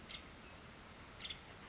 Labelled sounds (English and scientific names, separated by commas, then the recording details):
Nuttall's Woodpecker (Dryobates nuttallii)
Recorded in Sonoma County, California